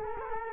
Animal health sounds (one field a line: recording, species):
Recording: mosquito wingbeat signal from an infrared sensor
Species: Culex quinquefasciatus